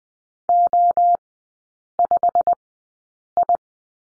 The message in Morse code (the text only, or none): O5I